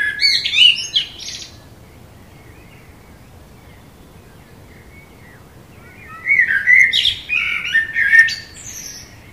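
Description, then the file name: Common blackbird delivering two warbled phrases with shrill twittering ends, separated by a long pause. "Turdus merula"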